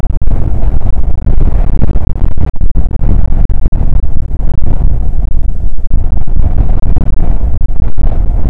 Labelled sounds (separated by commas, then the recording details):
wind
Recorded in the Prudhoe Bay oil fields, Alaska, on 19 July 2019 at 00:01
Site 25